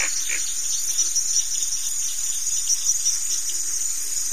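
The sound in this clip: Crickets producing a continuous shrill drone.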